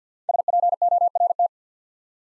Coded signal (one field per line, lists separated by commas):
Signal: Morse code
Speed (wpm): 50 wpm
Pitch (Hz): 700 Hz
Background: none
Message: SPORT